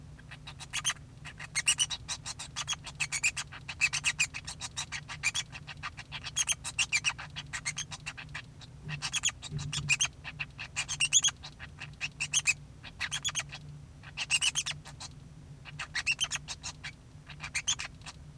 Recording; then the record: song of a male Bengalese finch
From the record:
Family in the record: son of father 2